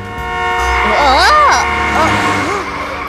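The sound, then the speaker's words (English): Busy street traffic: a low rumble under loud, sustained horn blasts holding steady tones, with sliding, wavering honks cutting in midway and again near the end. “Oh, what a loud noise!”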